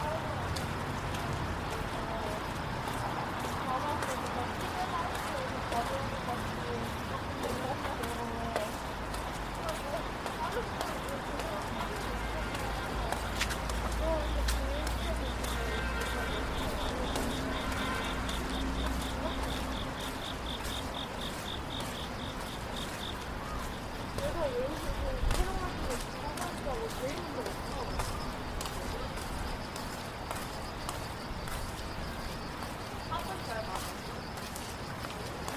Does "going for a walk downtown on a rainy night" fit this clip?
yes